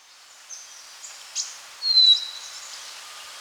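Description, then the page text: Short-billed minivet call: a single thin, high, falling whistle after a few faint, short high notes. "Short-Billed Minivet Call Sound Effect. Quick Sounds"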